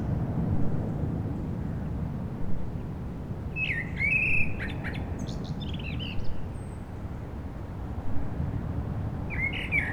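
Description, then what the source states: Common blackbird song, a mellow warbled phrase near the middle ending in high twittering, another phrase starting at the end, over steady low traffic rumble. Blackbirds singing after sunset on a mild day, eve of the winter solstice, Rue Jacques Cartier, Aix-les-Bains, France, with urban traffic.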